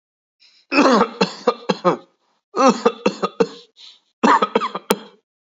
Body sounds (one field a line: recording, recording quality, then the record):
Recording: shallow voluntary cough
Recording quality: excellent, no background noise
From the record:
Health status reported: exposed to COVID-19, no respiratory illness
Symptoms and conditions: none ticked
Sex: male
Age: 49 years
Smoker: not ticked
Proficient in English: yes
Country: United States